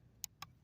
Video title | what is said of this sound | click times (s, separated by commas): $50 SHRC HOBBY H6 Flight Test | click them into place see that | 0.2 s